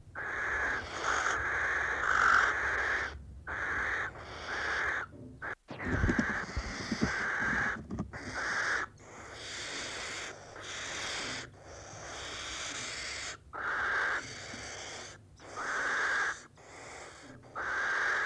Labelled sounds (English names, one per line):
Western Barn Owl call